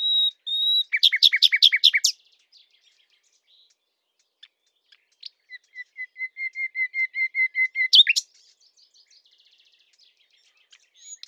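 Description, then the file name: Common nightingale song: steady whistles, a fast rattling trill, then a long series of repeated pure whistled notes swelling in loudness, ending with a sharp burst. "Luscinia megarhynchos"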